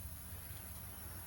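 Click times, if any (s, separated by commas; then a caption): none. A metal brake pad abutment clip (anti-rattle hardware) is handled at the cleaned groove of the rear caliper bracket on a Kia Soul. Low steady background noise is heard, with one brief faint tick near 1.3 seconds. Nothing has seated or clicked yet.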